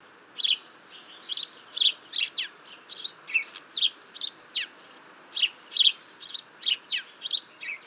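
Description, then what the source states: House sparrow chirping steadily, a rapid run of sharp tchip and tchiup notes, varied in pitch, over a soft hiss. Territorial tchip and tchiup chirps rather than a true song.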